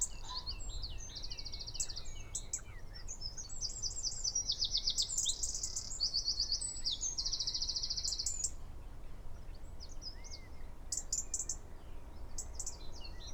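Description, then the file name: Eurasian wren launching a fast burst of ringing trills and chips in the first part, followed by sparser sharp ticks. "Troglodytes troglodytes"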